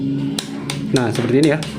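A torque wrench tightens a metal engine bolt on a Mio scooter engine and gives a sharp click at about 0.4 s as it reaches its setting, confirming the bolt is torqued. Another short sharp sound follows at about 0.7 s, while someone talks and music plays in the background.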